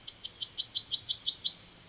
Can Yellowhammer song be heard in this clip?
yes